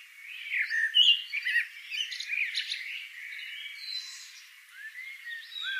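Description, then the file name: Eurasian blackbird calls: sharp chattering notes in quick irregular bursts, loudest around the first second and a half, over busy background chatter. "Turdus merula"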